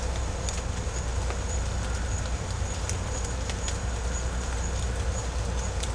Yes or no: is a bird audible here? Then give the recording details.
no. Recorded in pastures near Puerto Asís, Putumayo, Colombia, on 16 December 2024 at 17:00. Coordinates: 0.502, -76.324. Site G077